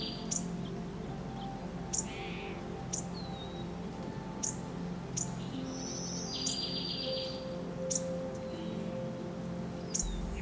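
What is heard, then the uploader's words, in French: Soft birdsong rises over gentle, soothing music that holds steady low tones throughout. Short bright chirps recur roughly every second, with a few longer high trills around the middle, while the calm musical bed stays even and unhurried underneath. Les doux chants d'oiseaux en harmonie avec une musique apaisante.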